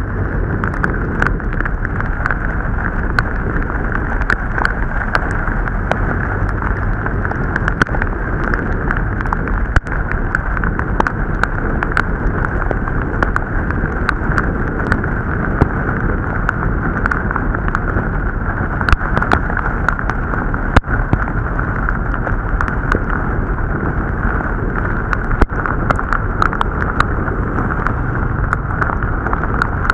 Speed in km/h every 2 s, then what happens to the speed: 14, 13, 14, 16, 16, 14, 14, 14, 14, 16, 15, 16, 16, 15, 13.
0-30 steady at about 14.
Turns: none.